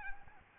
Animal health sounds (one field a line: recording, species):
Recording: mosquito wingbeat signal from an infrared sensor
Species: Aedes albopictus